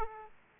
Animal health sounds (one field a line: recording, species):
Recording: mosquito wingbeat signal from an infrared sensor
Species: Aedes aegypti